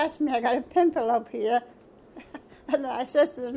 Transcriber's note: laughs